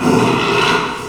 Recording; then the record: squeal of a Yucatan mini pig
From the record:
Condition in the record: after surgery on the right vocal fold (resection and tissue-engineered implant); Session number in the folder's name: 1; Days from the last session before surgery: 6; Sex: male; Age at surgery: 12 weeks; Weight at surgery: 13 kg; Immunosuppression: cyclosporine, prednisolone